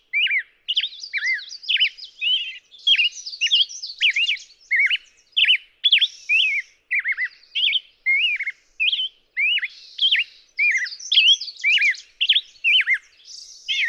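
Black-headed grosbeak song, a long, continuous run of rich, slurred whistled notes swooping up and down, with short buzzy trills mixed in and hardly a pause.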